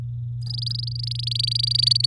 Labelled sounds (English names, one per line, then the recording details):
Domestic Canary song
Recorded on 9 May 2018 at 08:54
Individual llb16